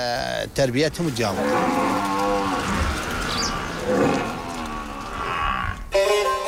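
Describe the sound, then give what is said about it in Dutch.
Deep, drawn-out lowing calls from several buffalo on a village farm, overlapping moans with wavering harmonic pitch, loud and continuous over a low background rumble. “Maar waar het dorp het meest bekend om staat, dat zijn de buffels.”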